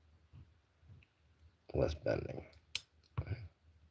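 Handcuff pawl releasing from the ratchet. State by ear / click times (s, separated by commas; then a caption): released / 2.8 s. A handcuff lock is picked with a pick, using less torque and less bending, while someone talks. At 2.8 seconds the handcuff pawl releases from the ratchet with a sharp metallic click, and the lock opens.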